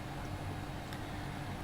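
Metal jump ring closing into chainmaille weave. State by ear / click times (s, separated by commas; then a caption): seated / 0.9 s. An aluminium jump ring is closed with pliers while weaving a chainmaille bracelet, and a single short, faint click is heard at 0.9 s as the ring ends catch while passing each other. It sits over a steady low hum and broadband noise, and the click means the ring is basically closed.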